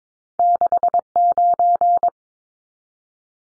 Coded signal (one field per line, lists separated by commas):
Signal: Morse code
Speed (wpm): 22 wpm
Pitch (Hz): 700 Hz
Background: none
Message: 69